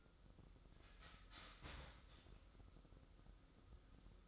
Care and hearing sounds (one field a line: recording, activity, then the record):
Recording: daily activity, microphone in the room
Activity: start toaster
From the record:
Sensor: 3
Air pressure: 988.6 hPa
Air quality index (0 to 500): 195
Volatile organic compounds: 301 ppm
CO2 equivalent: 4484 ppm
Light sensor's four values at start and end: 23/72/30/26 and 23/72/30/26